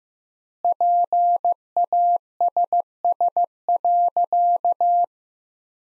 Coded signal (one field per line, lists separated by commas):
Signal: Morse code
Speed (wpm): 16 wpm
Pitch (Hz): 700 Hz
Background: none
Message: PASS.